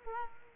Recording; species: mosquito wingbeat signal from an infrared sensor; Culex quinquefasciatus